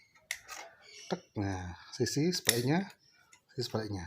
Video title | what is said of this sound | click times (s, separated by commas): merakit PC baru secara praktis core i5 generasi 12 | Kemudian sisi sebaliknya, tek. | 0.3 s